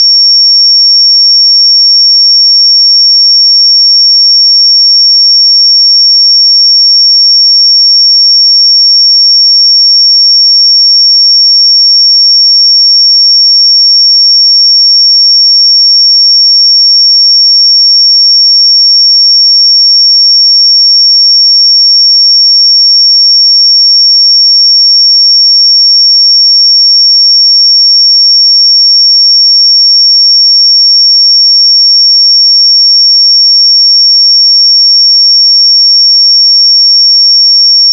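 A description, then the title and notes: A pure 5503 Hz sine tone holds perfectly steady and high-pitched for the whole clip, clean and unchanging with no other sounds. 5503 Hz 1 Hz Interval Sine Pure Tone Frequency 441000 Sample Mono.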